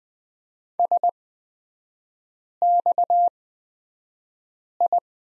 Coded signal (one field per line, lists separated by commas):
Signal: Morse code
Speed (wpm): 20 wpm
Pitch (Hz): 700 Hz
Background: none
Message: SXI